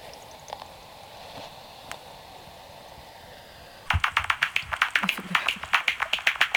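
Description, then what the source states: Bat echolocation made audible as quick, dry clicks, starting suddenly after a quiet stretch and repeating in a rapid, drum-like patter. Bat calls made audible as bats fly overhead at dusk; the sound is their call, not their wings.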